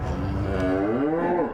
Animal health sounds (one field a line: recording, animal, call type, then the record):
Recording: contact call of a hoofed animal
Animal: cattle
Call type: low-frequency (closed-mouth) or high-frequency (open-mouth) call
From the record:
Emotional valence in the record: negative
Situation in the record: full separation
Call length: 1.54 s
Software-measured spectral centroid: 1000 Hz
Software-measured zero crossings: 910 a second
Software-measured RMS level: -24 dBFS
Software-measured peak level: -12 dBFS